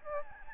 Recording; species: mosquito wingbeat signal from an infrared sensor; Aedes albopictus